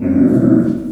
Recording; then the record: squeal of a Yucatan mini pig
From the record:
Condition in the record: after surgery on the right vocal fold (resection and tissue-engineered implant); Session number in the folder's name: 5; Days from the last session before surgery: 33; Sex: female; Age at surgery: 19 weeks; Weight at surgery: 25 kg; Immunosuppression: prednisolone